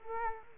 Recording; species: mosquito wingbeat signal from an infrared sensor; Culex quinquefasciatus